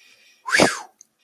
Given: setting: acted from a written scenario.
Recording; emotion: vocal sound without words; relief